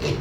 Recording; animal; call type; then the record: contact call of a hoofed animal; pig; closed-mouth grunt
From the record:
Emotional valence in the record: positive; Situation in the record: food and toys in familiar pen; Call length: 0.21 s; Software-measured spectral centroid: 2330 Hz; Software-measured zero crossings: 1660 a second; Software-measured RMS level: -25 dBFS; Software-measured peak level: -13 dBFS